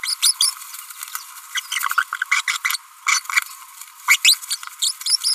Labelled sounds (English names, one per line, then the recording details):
Green-rumped Parrotlet babbling
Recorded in a nest box in Venezuela
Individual 18B25A3